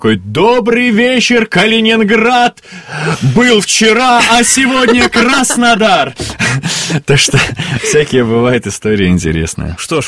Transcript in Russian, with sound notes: «Добрый вечер, Калининград... был вчера, а сегодня — Краснодар!» (Смеётся.) Так что всякие бывают истории интересные.